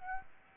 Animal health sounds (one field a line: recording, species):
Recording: mosquito wingbeat signal from an infrared sensor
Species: Aedes aegypti